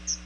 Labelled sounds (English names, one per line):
Chestnut-sided Warbler flight call